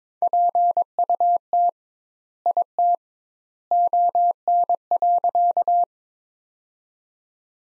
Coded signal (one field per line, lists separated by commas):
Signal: Morse code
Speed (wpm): 22 wpm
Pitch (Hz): 700 Hz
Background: none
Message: PUT IT ON.